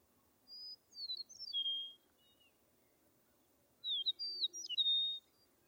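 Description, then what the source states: Bird song: two high phrases of quick twittered notes ending in a drawn whistle, with a pause between them. In a meadow.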